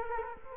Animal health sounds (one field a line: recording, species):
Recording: mosquito wingbeat signal from an infrared sensor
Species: Culex quinquefasciatus